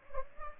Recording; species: mosquito wingbeat signal from an infrared sensor; Culex pipiens